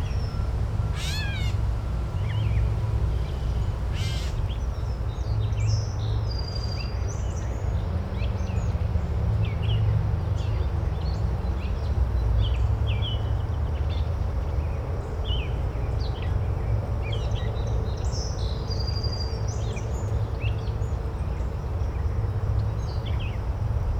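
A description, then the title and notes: A calm day in the forest: a steady low rumble underneath scattered high bird chirps and calls throughout, with a brief rising whistle near the start. Calm Day in the Forest.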